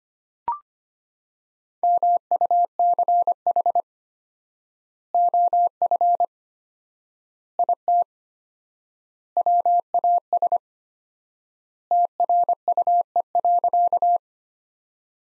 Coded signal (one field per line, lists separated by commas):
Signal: Morse code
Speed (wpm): 25 wpm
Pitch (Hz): 700 Hz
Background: none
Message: MUCH OF IT WAS TRUE.